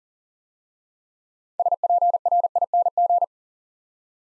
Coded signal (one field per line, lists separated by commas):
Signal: Morse code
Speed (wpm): 43 wpm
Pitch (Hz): 700 Hz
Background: none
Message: SPRING